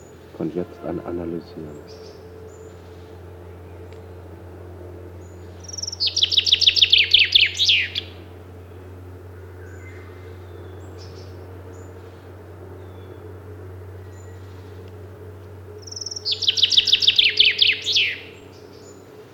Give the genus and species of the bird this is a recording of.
Fringilla coelebs